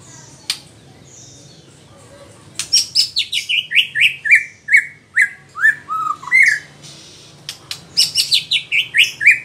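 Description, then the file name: White-rumped shama song: after a pause, a fast cascade of bright falling whistles dropping in steps, then a second descending run near the end. Female bird. "murai batu betina"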